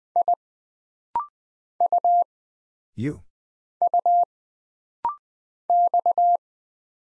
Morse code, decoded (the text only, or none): I U U X